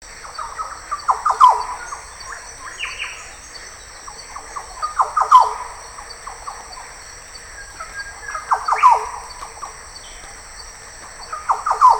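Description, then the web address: Green oriole repeating liquid, chattering phrases every few seconds, several bursts in all, with a steady high insect buzz throughout. "voix doiseaux loriot des paletuviers oriolus flavocinctus"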